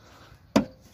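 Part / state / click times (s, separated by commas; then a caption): high beam halogen bulb into headlight housing / seated / 0.6 s. A high beam halogen bulb that had not fully locked into a plastic headlight housing on a Mercury Sable is twisted home and gives one sharp click at 0.6 s. The bulb is seated and locked. Apart from the click, the clip is quiet, with no talk.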